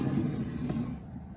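A 5mm Jacoje Miami Cuban link bracelet in metal is handled as the tongue of its box clasp is brought toward the clasp box. Only a steady low rumble with soft handling noise is heard, fading slightly toward the end, with no sharp transients. Nothing has seated or clicked yet.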